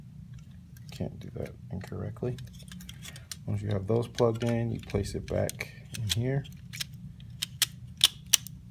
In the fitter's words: you should hear it click like that and that's how you know it's back in place properly